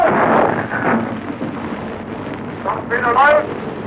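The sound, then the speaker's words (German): A loud, steady rush of hissing air and water as a torpedo is fired during an attack and leaves its launch tube, with a brief voice-like wavering tone rising near the end. “Zischend hat der Aal das Rohr verlassen.”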